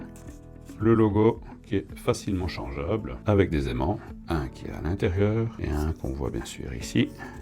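Someone talks while handling a removable logo plate for a figure diorama, which is held in place by magnets, one inside and one visible. Music plays underneath, and a single short hit is heard at about 0.2 s. The plate has not seated on the diorama base yet.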